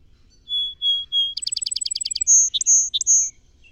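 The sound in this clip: Song Sparrow gives three whistled notes, a rapid trill of about a dozen notes, and a buzzy finish with sharp slurred accents.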